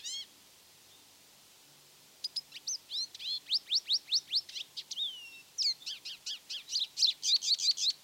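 Lesser goldfinch singing a fast, jumbled series of high downslurred notes, a drawn-out descending whistle, then rapid chattering phrases packed close together.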